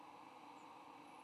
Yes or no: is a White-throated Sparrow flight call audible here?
no